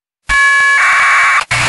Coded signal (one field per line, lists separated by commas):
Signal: packet radio (AX.25, as in APRS)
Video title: SDRuno with SDRplay RSP2 - APRS Decoding with SoundModem and UI-View32